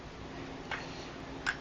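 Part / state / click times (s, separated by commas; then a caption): snap ring into groove on bicycle crank assembly / seated / 1.5 s. One side of a steel snap ring is pushed into its groove on the crank assembly of a Huffy cruiser bicycle. Over a low steady hum, a faint tick comes at about 0.7 s, then a sharper, brighter snap at 1.5 s as that side of the ring seats in the groove.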